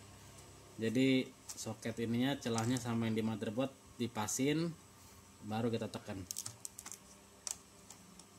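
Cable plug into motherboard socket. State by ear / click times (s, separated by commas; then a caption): seated / 7.5 s. Someone talks while lining up the keyed slot of a plastic cable plug with its socket on a motherboard, then presses the plug in. After the talking stops, a few faint taps are heard, with a sharp click at 7.5 s as the keyed connector seats in the socket.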